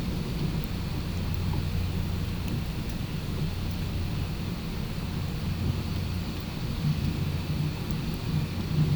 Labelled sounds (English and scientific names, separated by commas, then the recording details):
none
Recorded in pastures near Puerto Asís, Putumayo, Colombia, on 21 December 2024 at 13:00
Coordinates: 0.505, -76.324
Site G063